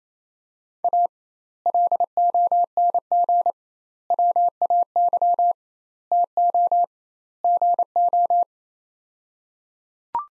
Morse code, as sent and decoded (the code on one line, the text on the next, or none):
.- / .-.. --- -. --. / .-- .- -.-- / - --- / --. ---
A LONG WAY TO GO